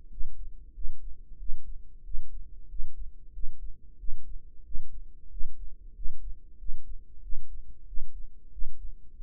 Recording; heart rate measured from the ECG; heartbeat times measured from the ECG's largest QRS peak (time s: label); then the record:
heart sounds by microphone in the right ear; 93 bpm
0.12 s: heartbeat
0.76 s: heartbeat
1.40 s: heartbeat
2.06 s: heartbeat
2.70 s: heartbeat
3.35 s: heartbeat
4.00 s: heartbeat
4.66 s: heartbeat
5.32 s: heartbeat
5.96 s: heartbeat
6.60 s: heartbeat
7.24 s: heartbeat
7.88 s: heartbeat
8.53 s: heartbeat
9.18 s: heartbeat
From the record:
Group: healthy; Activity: rest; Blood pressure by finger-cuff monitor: 136/73 mmHg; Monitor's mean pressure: 92 mmHg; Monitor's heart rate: 93 bpm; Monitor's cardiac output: 8.2 L/min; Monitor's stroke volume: 87 mL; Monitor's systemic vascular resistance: 830 dyn s/cm5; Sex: male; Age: 21 years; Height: 175 cm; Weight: 72.6 kg